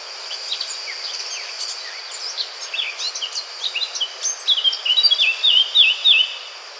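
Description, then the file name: Eurasian blackcap singing, soft chattering twitter building over several seconds before a burst of rich, loud fluty whistles, with a steady high insect-like hiss behind. "Sylvia atricapilla"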